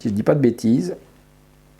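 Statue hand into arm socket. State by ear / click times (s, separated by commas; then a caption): not seated / none. Someone talks for about the first second while a resin/plastic hand is being handled toward the arm peg of an Iron Studios Doctor Strange 1/10 statue from Avengers: Infinity War. After the talking, only a quiet low steady hum remains. Nothing has seated or clicked yet; the hand is not yet home on the arm.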